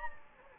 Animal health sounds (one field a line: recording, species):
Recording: mosquito wingbeat signal from an infrared sensor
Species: Anopheles gambiae